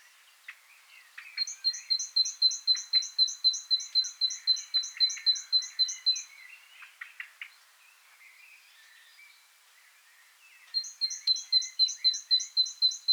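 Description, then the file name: Great tit song, a long run of quick repeated high two-note phrases, pause with mixed bird chatter, then another run begins. "Parus major"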